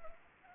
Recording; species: mosquito wingbeat signal from an infrared sensor; Anopheles arabiensis